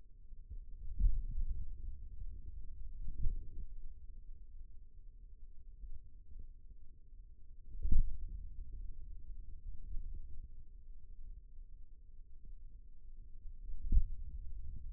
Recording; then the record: forearm muscle sounds (acoustic myography)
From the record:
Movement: finger pinch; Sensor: system 2, bracelet of six BSWA MPA416 microphones around the upper forearm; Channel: 3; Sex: male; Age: 22 years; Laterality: right